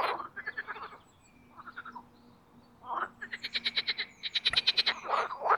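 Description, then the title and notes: Marsh frog chorus of pulsed, laughing trills, with a steady low hum running beneath and gaps of near quiet between bursts. Spring mating chorus in an artificial pond made for water activities at Parc Chédeville, Oise; cold previous night. "au Parc Chédeville dans l'Oise. des grenouilles rieuses"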